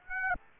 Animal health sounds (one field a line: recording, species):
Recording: mosquito wingbeat signal from an infrared sensor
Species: Aedes aegypti